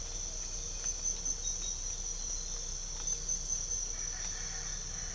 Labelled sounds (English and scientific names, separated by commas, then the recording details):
none
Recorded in pastures near Puerto Asís, Putumayo, Colombia, on 22 December 2024 at 05:00
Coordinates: 0.497, -76.327
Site G088